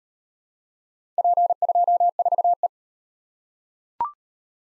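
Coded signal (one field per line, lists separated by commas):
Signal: Morse code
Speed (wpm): 38 wpm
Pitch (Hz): 700 Hz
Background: none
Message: P24E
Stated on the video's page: Four-character letter-number practice at 25 wpm, starting fast and slowing to a base speed; fastest is 1.5 times slowest, final repeat at maximum speed.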